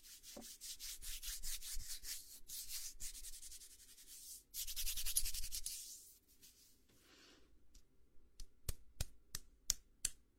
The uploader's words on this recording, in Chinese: 为弟弟做头部肩部按摩。